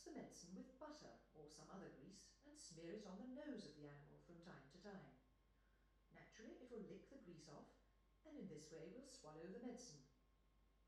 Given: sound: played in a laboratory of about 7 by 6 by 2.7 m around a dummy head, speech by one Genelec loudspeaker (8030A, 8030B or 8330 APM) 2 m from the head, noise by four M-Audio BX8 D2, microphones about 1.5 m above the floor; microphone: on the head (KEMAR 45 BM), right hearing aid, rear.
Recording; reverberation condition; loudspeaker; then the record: female speech in English; medium; 90 degrees to the left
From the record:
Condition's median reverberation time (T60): about 510 ms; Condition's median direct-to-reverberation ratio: about -0.5 dB